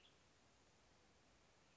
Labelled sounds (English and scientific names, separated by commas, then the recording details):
Western Tanager (Piranga ludoviciana)
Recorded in Sonoma County, California